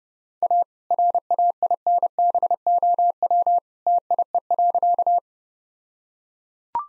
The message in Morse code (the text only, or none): A RAINBOW TIE.